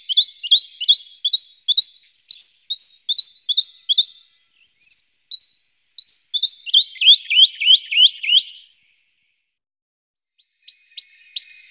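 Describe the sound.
Western rock nuthatch calling in rapid runs of sharp, upswept notes, pausing briefly between runs, then a few scattered notes after a silent gap.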